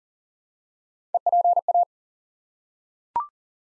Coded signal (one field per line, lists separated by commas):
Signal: Morse code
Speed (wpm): 39 wpm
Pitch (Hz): 700 Hz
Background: none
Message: EPA